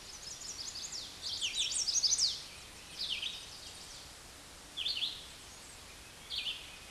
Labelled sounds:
Red-eyed Vireo song
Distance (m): 25 m
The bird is about 25 m above the microphone
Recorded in a Pennsylvania forest on 16 May 2024 at 08:36
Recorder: AudioMoth, point MSD-2258
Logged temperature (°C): 15.2 °C
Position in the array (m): 167 m, 71 m

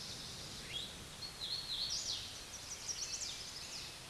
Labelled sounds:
Hooded Warbler song
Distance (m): 30 m
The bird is about 15 m above the microphone
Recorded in a Pennsylvania forest on 16 May 2024 at 08:50
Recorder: AudioMoth, point MSD-2258
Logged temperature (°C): 15.2 °C
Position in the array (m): 146 m, 106 m

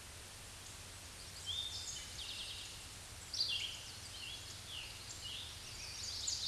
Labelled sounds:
Eastern Towhee song
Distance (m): 50 m
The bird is about 10 m above the microphone
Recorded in a Pennsylvania forest on 16 May 2024 at 06:36
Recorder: AudioMoth, point MSD-2131
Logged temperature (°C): 14.8 °C
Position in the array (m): 90 m, 15 m

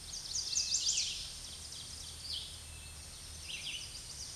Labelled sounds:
Red-eyed Vireo song
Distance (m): 15 m
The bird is about 10 m above the microphone
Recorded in a Pennsylvania forest on 16 May 2024 at 07:43
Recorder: AudioMoth, point MSD-2083
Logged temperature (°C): 16.7 °C
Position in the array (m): 150 m, 28 m

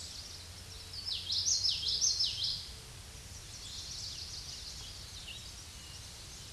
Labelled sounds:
Common Yellowthroat song
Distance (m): 15 m
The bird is about 10 m above the microphone
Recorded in a Pennsylvania forest on 16 May 2024 at 07:46
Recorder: AudioMoth, point MSD-1342
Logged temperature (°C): 15.5 °C
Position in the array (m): 235 m, 174 m

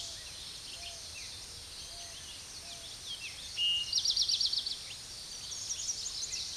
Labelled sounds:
Eastern Towhee song
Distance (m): 10 m
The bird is about level with the microphone
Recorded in a Pennsylvania forest on 16 May 2024 at 06:10
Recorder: AudioMoth, point MSD-2494
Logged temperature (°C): 15.6 °C
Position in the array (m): 190 m, 161 m

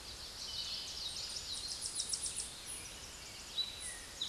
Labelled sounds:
Tennessee Warbler song
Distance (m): 10 m
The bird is about 10 m above the microphone
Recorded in a Pennsylvania forest on 16 May 2024 at 08:11
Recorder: AudioMoth, point MSD-1534
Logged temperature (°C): 15.6 °C
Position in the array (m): 39 m, 24 m

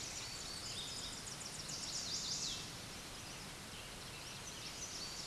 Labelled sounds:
Chestnut-sided Warbler song
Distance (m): 35 m
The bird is about 5 m above the microphone
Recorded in a Pennsylvania forest on 16 May 2024 at 06:25
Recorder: AudioMoth, point MSD-1368
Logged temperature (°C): 12.5 °C
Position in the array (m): 11 m, 15 m

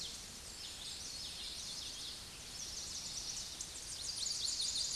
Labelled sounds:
Common Yellowthroat song
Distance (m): 55 m
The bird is about 5 m above the microphone
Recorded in a Pennsylvania forest on 16 May 2024 at 08:35
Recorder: AudioMoth, point MSD-2257
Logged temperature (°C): 16.0 °C
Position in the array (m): 240 m, 177 m

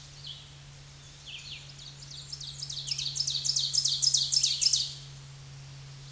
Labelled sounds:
Ovenbird song
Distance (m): 15 m
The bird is about 10 m above the microphone
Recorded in a Pennsylvania forest on 16 May 2024 at 07:55
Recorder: AudioMoth, point MSD-2376
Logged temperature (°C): 16.7 °C
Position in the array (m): 146 m, -10 m

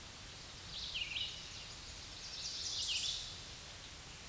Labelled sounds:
Red-eyed Vireo song
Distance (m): 35 m
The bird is about 15 m above the microphone
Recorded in a Pennsylvania forest on 16 May 2024 at 07:53
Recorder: AudioMoth, point MSD-2146
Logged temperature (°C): 16.7 °C
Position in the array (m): 149 m, 29 m

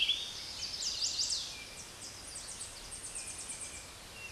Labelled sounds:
Chestnut-sided Warbler song
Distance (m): 30 m
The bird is about 5 m above the microphone
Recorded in a Pennsylvania forest on 16 May 2024 at 06:37
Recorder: AudioMoth, point MSD-1849
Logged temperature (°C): 12.1 °C
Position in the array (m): 11 m, 23 m

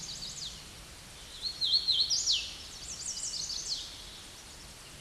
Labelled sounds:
Hooded Warbler song
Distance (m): 5 m
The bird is about 5 m above the microphone
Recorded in a Pennsylvania forest on 16 May 2024 at 07:21
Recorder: AudioMoth, point MSD-2181
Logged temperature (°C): 12.8 °C
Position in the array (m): 165 m, 116 m

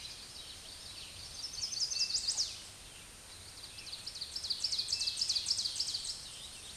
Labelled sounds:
Ovenbird song
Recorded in a Pennsylvania forest on 16 May 2024 at 06:44
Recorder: AudioMoth, point MSD-0665
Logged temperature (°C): 16.1 °C
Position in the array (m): 81 m, 63 m

